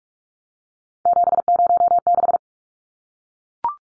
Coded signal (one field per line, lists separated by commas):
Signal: Morse code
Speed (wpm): 44 wpm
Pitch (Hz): 700 Hz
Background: none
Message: 706